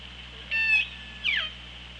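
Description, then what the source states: Orca calls underwater: two short harmonic calls, the first steady and level, the second sweeping downward, over constant hiss and electrical hum. OrcaLab hydrophone, 24 August 2017, 15:53:33.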